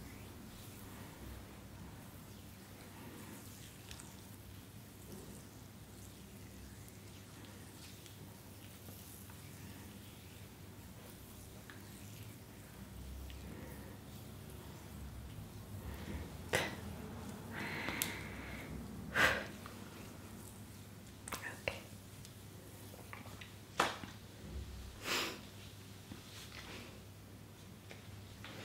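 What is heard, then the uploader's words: Lotion sounds: a soft, steady low murmur fills the first half with little happening. From about sixteen seconds, wet squishes and sharp little clicks start, coming every second or two, with the loudest snaps near nineteen and twenty-four seconds. Lotion Sounds, Hair Brushing, Cottons, Tapping.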